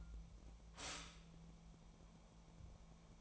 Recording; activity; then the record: daily activity, microphone in the room; stop toaster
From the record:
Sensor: 1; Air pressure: 1000.3 hPa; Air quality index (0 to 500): 157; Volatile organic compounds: 3 ppm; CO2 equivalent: 1465 ppm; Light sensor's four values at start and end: 28/69/29/35 and 27/69/29/34